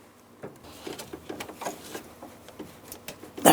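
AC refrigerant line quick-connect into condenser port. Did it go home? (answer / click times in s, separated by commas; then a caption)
no / none. Someone handles the second AC refrigerant line at its quick-connect, lining it up to press onto the condenser port of a 2008-2016 Chrysler Town & Country. Soft scrapes and small taps are heard, with sharper ticks near 1.3, 1.4, 2.5, 2.9 and 3.1 seconds and a louder burst right at the end. Nothing has seated or clicked yet.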